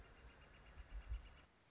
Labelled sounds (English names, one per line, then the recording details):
Northern Flicker
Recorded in Sonoma County, California